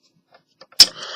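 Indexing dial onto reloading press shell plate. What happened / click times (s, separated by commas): The plastic dial snapped into place / 0.8 s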